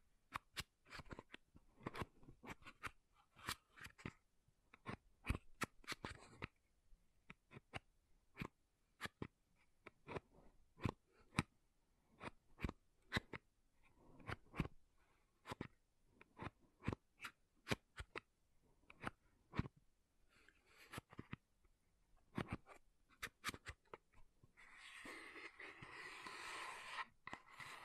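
Makeup containers are tapped and scratched in quick, sharp clicks that run through the whole stretch, sometimes in dense flurries and sometimes spaced apart. Near the end, from about 24 seconds, a steady hissing scratch rises under the taps and continues to the close.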